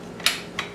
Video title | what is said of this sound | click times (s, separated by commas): Redhead Meat Grinder Review and Demonstration Bass Pro Shops | It locks into place with a little button back here. | 0.3 s